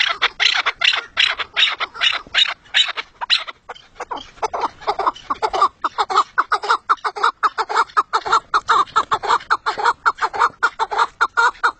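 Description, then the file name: Partridge uttering long runs of rasping, repeated notes that briefly slow and soften midway, then resume quickly. "perdiz"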